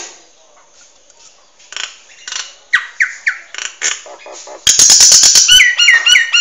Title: Burung Jalak Nias Gacor Suara Super Gledek Untuk Masteran